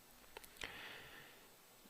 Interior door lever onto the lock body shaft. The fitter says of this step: onto the shaft of the lock body and it will snap into place